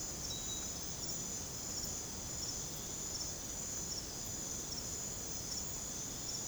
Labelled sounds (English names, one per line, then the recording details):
none
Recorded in secondary vegetation near Puerto Asís, Putumayo, Colombia, on 21 December 2024 at 03:30
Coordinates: 0.489, -76.322
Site G059